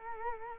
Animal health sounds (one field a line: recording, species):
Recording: mosquito wingbeat signal from an infrared sensor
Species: Culex quinquefasciatus